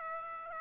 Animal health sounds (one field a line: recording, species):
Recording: mosquito wingbeat signal from an infrared sensor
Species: Aedes aegypti